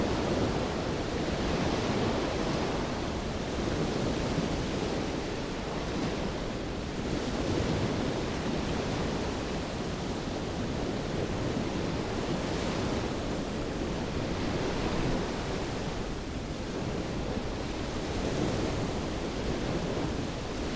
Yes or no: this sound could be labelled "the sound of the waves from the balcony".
yes